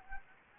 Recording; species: mosquito wingbeat signal from an infrared sensor; Anopheles gambiae